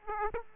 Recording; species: mosquito wingbeat signal from an infrared sensor; Aedes aegypti